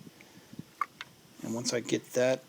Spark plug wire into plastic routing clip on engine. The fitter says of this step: make sure the wires are routed correctly so they'll snap right in here and